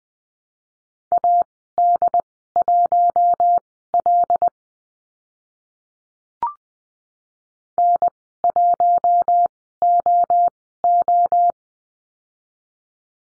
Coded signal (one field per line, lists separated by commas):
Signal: Morse code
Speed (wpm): 20 wpm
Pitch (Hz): 700 Hz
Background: none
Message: AD1L N1OO